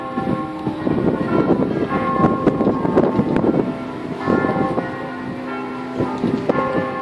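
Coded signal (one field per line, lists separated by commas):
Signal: bell signal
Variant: 6-bell plenum, swing ringing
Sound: several church bells swinging together in a continuous full peal, clanging and overlapping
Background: wind noise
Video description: -h. 10:30: segnale orario della mezza sulla 3^ Mi3 e Plenum solenne pasquale mezz' ora prima della messa delle 11:00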